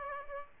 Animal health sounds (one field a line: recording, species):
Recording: mosquito wingbeat signal from an infrared sensor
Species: Aedes aegypti